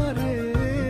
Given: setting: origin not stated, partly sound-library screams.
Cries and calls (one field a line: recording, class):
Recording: one-second piece from a danger detection set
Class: normal situation